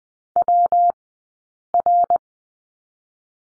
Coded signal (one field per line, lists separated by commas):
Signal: Morse code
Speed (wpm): 19 wpm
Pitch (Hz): 700 Hz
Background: none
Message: WR